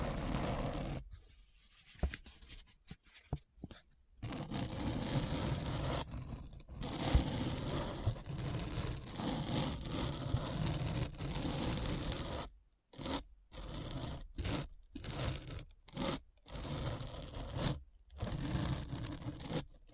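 Dense, gritty scratching in an ASMR session, rough and full from low rumble to bright hiss. Short silent breaks cut in near the start, then a long unbroken stretch of scraping, and the last third turns choppy, with strokes stopping and restarting every second or so.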